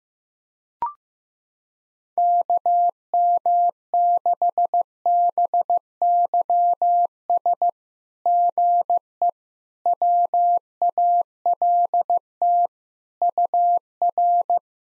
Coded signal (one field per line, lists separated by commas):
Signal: Morse code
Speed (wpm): 15 wpm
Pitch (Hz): 700 Hz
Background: none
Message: KM6BYS GE WALT UR